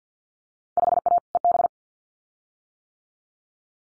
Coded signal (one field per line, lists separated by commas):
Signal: Morse code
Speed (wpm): 50 wpm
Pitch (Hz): 700 Hz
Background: none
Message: 5A EB